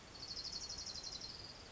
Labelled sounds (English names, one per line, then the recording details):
Orange-crowned Warbler
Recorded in Sonoma County, California